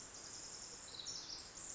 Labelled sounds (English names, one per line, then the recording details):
Pacific Wren
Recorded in Sonoma County, California